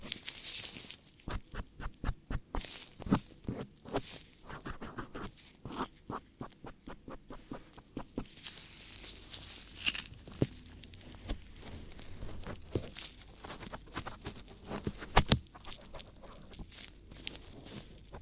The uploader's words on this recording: ASMR Ear Cleaning For The Strongest Tingles [ NO TALKING ].